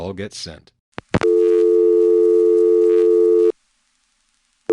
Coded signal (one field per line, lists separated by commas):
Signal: telephone call progress tone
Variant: North America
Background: speech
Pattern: dial tone